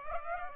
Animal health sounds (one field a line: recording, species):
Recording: mosquito wingbeat signal from an infrared sensor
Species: Aedes aegypti